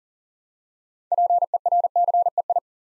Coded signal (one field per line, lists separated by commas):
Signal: Morse code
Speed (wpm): 41 wpm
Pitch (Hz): 700 Hz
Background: none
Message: PERCEI